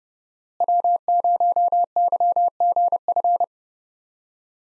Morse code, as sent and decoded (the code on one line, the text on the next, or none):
.-- ----- -.-- --. ..-.
W0YGF